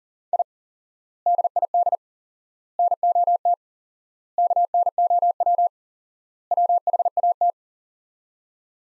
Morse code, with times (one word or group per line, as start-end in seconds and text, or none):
0.3-0.4 I
1.3-2.0 DID
2.8-3.5 NOT
4.4-5.7 KNOW
6.5-7.5 WHAT